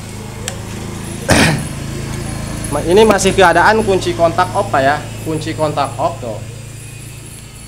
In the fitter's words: pasang kembali klek nah Sampai bunyi Pak Sampai bunyi klik itu sudah masuk